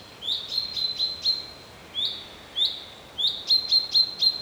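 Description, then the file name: Common chaffinch uttering clipped rising chinks, some single and some in quick clusters of several, over a soft hiss. "Fringilla coelebs"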